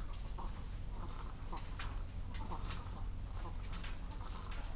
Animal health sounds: poultry house recording; sick chickens (respiratory disease)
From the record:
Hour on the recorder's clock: 14

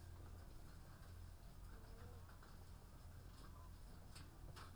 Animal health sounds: poultry house recording; sick chickens (respiratory disease)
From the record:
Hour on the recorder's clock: 14

